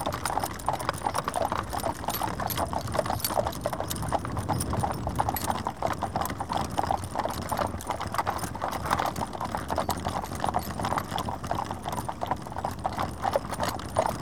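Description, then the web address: Horse hoofbeats, a continuous brisk clattering of many hooves over a constant low rumble. Team of horses drawing the Norwich Union stagecoach and four. "BBC Sound Effects Library - Horses Dogs Norwich Union Stagecoach And Four"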